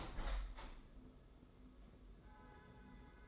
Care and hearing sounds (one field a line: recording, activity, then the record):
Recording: daily activity, microphone in the room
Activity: open window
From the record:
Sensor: 3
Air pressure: 995.7 hPa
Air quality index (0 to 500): 89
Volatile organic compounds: 9 ppm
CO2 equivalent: 2177 ppm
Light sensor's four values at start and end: 27/82/34/30 and 28/83/35/30